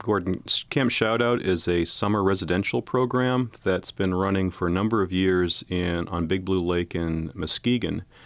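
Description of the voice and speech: A low-pitched adult male voice speaks smoothly at an even pace, with no repetitions or blocks: ordinary fluent speech.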